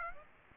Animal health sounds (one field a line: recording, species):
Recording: mosquito wingbeat signal from an infrared sensor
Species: Aedes aegypti